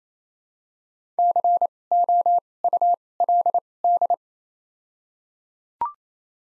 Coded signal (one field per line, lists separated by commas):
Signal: Morse code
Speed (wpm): 27 wpm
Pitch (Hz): 700 Hz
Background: none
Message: C O U L D